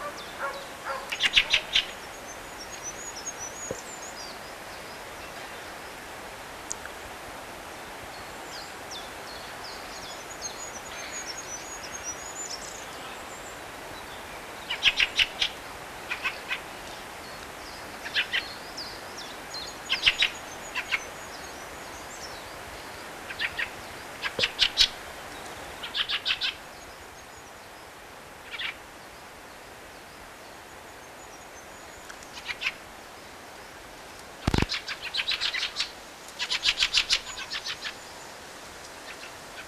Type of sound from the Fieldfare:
call